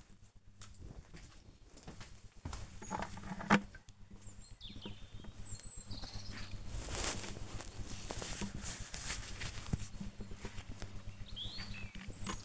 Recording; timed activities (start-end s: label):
household activities, microphone on the right wrist
0.00-12.45 s: working in the garden